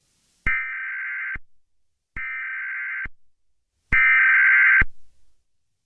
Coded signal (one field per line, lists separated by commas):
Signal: Emergency Alert System (SAME) tones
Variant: header bursts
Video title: all of my telephones... with EAS test at the end.